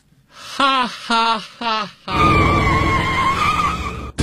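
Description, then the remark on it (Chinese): Three short, loud vocal cries give way to a long, shrill tire screech from a skidding car that holds steady for about two seconds, then cuts off with a sudden brief thud as the car hits a person who has just gone out the door. “我刚出门就让汽车给撞了，哎哎呦，看看，哎呦，我腿都折了”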